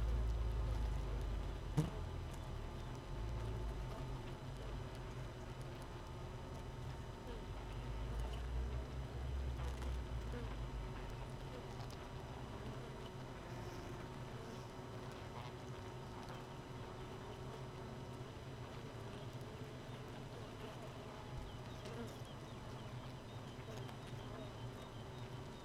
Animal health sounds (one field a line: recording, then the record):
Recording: honeybee colony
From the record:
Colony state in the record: missing queen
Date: 31 May 2018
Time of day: 4:24